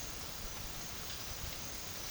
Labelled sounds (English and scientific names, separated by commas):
none